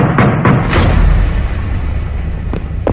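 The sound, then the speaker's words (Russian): Three quick, heavy knocks on the wooden door of a house late in the evening after Maslenitsa Sunday, over a deep, steady rumble, then two more scattered thuds a couple of seconds later. No one speaks. “Только вот поздним вечером после воскресения Масленицы в дверь их дома постучали.”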